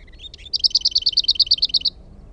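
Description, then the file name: Lesser whitethroat song: a few scratchy notes, then a dry, even rattle of about a dozen rapid notes on one pitch, lasting just over a second. "HERNEKERTTU"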